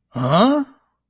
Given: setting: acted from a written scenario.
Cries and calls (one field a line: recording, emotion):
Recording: vocal sound without words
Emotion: negative surprise